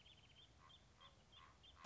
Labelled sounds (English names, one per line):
Common Raven